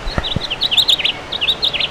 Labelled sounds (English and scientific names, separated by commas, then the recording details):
House Finch (Haemorhous mexicanus) song
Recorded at Bridgehampton on Long Island, New York, on 22 June 2013
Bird G